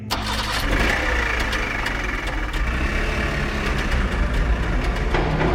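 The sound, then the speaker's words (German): A car engine runs continuously with a steady, low rumbling drone and faint irregular ticking and sputtering on top, holding a constant loudness with no voices. “Verdammte Scheißkarre!”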